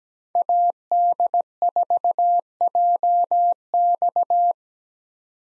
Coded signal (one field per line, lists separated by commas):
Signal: Morse code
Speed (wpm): 17 wpm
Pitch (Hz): 700 Hz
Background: none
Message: AD4JX